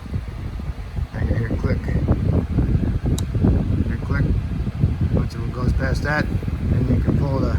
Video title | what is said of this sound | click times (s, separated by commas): 2014 Volkswagon Tiguan Waterpump | and you'll hear it click and i'll push mine back on and you hear click click once it goes past | 2.1 s, 3.2 s